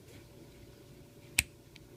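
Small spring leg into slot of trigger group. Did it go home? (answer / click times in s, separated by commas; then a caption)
yes / 1.4 s. A small metal spring leg (or pin) is slid through a slot in the trigger/hammer assembly of a cricket machine arm and pressed until it snaps into place. Over a quiet background, a single sharp click at 1.4 s marks it seating, followed by a much fainter tick at 1.8 s. The spring leg is seated.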